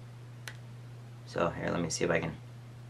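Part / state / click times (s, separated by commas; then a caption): microSD memory card into action camera card slot / not seated / none. An 8 GB microSD card is being handled at the card slot of a helmet action camera, gold teeth facing up, before being pushed in with a fingernail toward the spring latch. A brief faint tick sounds at 0.5 s over a steady low hum, and someone talks from about 1.4 to 2.4 s. Nothing has seated or clicked yet.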